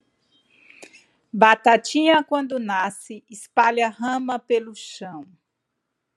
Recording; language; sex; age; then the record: short text; Brazilian Portuguese; female; 50 to 59 years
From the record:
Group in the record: control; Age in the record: 53 years